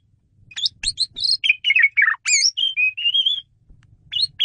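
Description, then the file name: Asian pied starling producing a quick sequence of whistled, slurred and buzzy notes, some long and wavering, ending with a couple of sharp calls. Female bird used as a lure (pemikat) bird. "jalak suren betina pemikat"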